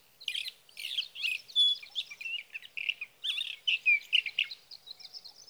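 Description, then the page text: Sage thrasher song, a continuous rambling warble of quick, varied, slurred and buzzy notes, ending in a few thin high notes. Male singing near his night roost through three nights, evening of June 12 to morning of June 15, 2018, Sierra Valley, California; Swift recorder placed near roost; night songs. "Birdsong for the Curious Naturalist: Explore #7. 61. Sage thrasher songs, through the night"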